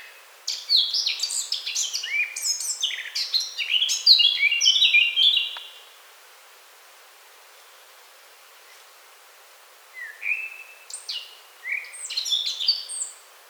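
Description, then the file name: Eurasian blackcap song: a fast, varied warble of scratchy and clear notes for about five seconds, a pause, then a shorter burst of bright warbling phrases. "Sylvia atricapilla"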